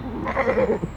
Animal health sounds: contact call of a hoofed animal; goat; low-frequency (closed-mouth) or high-frequency (open-mouth) call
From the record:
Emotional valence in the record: negative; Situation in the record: short social isolation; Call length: 0.97 s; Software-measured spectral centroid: 1230 Hz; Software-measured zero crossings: 1220 a second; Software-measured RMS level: -23 dBFS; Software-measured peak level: -8 dBFS

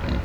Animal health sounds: contact call of a hoofed animal; wild boar; grunt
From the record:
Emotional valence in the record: positive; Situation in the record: naturally occurring affiliative interactions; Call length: 0.24 s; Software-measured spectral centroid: 1670 Hz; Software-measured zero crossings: 840 a second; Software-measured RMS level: -25 dBFS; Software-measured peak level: -14 dBFS

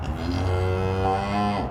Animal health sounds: contact call of a hoofed animal; cattle; low-frequency (closed-mouth) or high-frequency (open-mouth) call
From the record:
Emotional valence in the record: negative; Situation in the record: full separation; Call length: 1.71 s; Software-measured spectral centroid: 1560 Hz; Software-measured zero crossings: 1080 a second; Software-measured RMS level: -24 dBFS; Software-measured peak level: -12 dBFS

